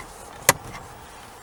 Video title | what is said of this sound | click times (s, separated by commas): HOW TO SERVICE YOUR CAR AT HOME | sudden you can hear the click as well when you put this back after | 0.5 s